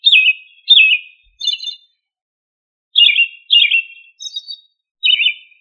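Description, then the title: Thrush song: clear whistled phrases falling from high to mid pitch, given in short bursts with pauses, some higher thin notes between. "Familia Turdidae - Sabia"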